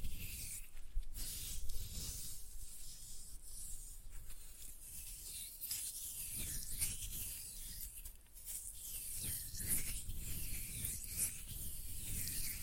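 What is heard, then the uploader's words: Floral foam is crushed and rubbed in a steady, dense stream of gritty scraping and crumbling, with bright hiss above a soft low rumble. The texture surges in repeated pulses every second or so, with sharper crunches near 1, 6 and 8 seconds. Floral Foam Glitter Bomb Crushing.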